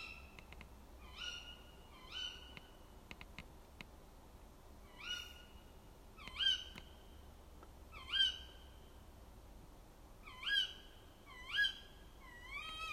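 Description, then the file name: Bird calling with short harmonic notes that sweep sharply upward and then level off, repeated at irregular intervals, with a few faint clicks. "fugl"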